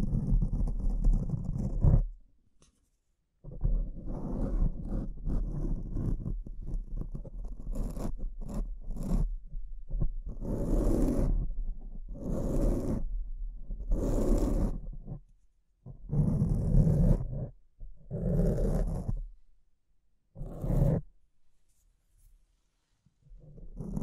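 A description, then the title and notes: Mic scratching: dense, rough rasping strokes in uneven bursts, a brief gap near two seconds, then choppier sharp scrapes after fifteen seconds. ASMR Brain Melting Mic Scratching (No Talking).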